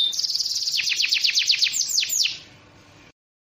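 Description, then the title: Bird song: a fast run of high, down-slurred whistled notes, fading out after about two and a half seconds. Described as a complete bird 'masteran' compilation. "Masteran burung terlengkap"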